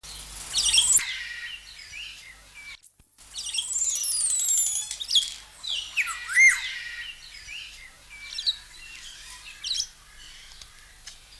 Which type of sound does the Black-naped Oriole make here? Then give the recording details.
song. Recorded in captivity. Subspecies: celebensis. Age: adult. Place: Zoo Berlin, Berlin, DE. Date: 1999-06-23 17:34. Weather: fair, 16 - 17°C. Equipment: Sony WM-D6C, Sennheiser MKH 416 T, Kopie Uher 4000 Report Monitor. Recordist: Tembrock, Günter